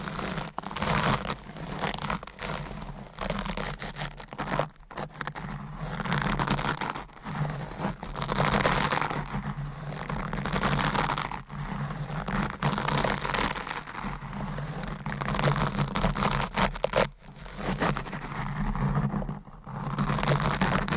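Deep scratching, brushing and stroking against a microphone, a dense rough rustle that swells and fades in uneven strokes. A low hum runs steadily underneath. Brief drops to near silence come around five, eleven, seventeen and nineteen seconds.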